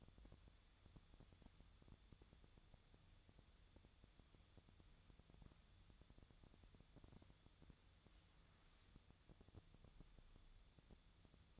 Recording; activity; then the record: daily activity, microphone in the room; wipe stove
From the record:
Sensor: 3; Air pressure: 1004.8 hPa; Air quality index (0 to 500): 74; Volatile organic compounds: 2 ppm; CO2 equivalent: 1110 ppm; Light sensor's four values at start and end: 8/19/8/7 and 8/19/8/7